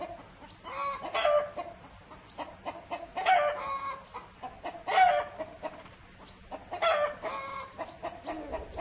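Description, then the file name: Chicken calling: short, harsh, harmonic squawks repeated about every two seconds, with softer clucks between them. Rooster. "gallo"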